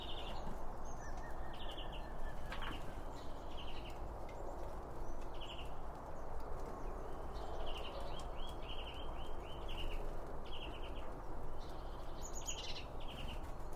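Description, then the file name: Small birds keep up a running series of chirps and short buzzy trills, with scattered clicks and steady low background noise. Several birds around a bird feeder, recorded with two Line Audio OM1 microphones. "Birds Around Birdfeeding With Two Om 1 From Line Audio"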